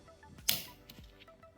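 The plastic front cover of a Rain-X water repellent wiper blade adapter is pressed down over the wiper arm hook to clamp it. A sharp snap rings out at 0.5 s, followed by a fainter tick around 0.9 s, against quiet background noise. The cover is seated, clamped down on the hook.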